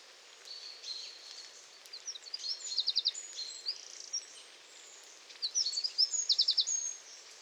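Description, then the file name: Eurasian wren song: two energetic phrases of sharp high notes, each with a quick mechanical trill, rising out of a soft background hiss. "Troglodytes troglodytes"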